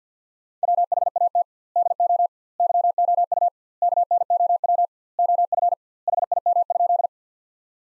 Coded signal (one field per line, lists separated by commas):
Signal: Morse code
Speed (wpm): 50 wpm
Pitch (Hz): 700 Hz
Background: none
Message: WHAT DO YOU KNOW OF HIM?